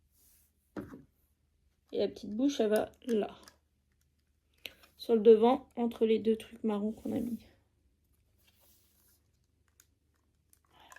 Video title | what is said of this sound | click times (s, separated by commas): Je monte avec vous mon hamburger | Voilà, c'est mieux bien enclencher | 9.8 s, 10.5 s